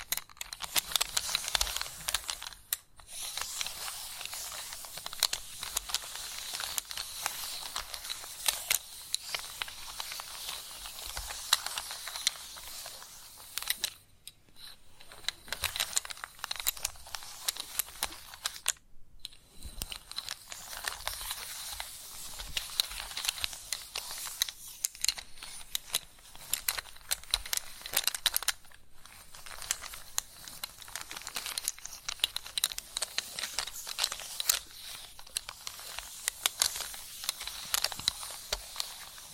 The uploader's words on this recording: ASMR The Best Kind of Chalk Sounds Tapping, Scratching, Carving etc (No Talking).